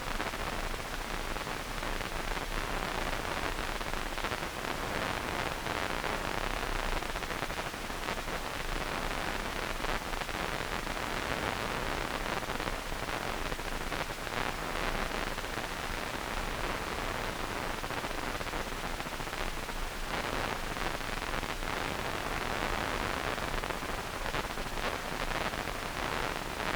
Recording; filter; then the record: brain microelectrode recording played as sound; wide band, above 20 Hz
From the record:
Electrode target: subthalamic nucleus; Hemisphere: right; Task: reaching with the left hand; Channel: 2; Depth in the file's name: 1.506 mm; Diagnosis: Parkinson's disease